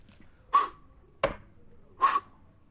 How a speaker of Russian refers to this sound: Шлепает печати на бумагу.